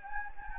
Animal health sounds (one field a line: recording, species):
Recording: mosquito wingbeat signal from an infrared sensor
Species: Anopheles gambiae